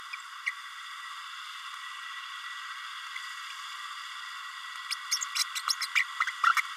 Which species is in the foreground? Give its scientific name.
Forpus passerinus